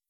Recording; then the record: hydrophone in a shrimp aquaculture tank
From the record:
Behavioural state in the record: weakened